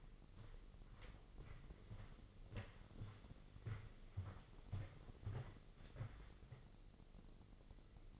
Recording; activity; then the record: daily activity, microphone in the room; walk to room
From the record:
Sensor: 4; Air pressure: 996.3 hPa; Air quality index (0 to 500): 77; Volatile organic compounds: 3 ppm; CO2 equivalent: 1447 ppm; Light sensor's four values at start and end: 19/52/20/21 and 18/50/19/21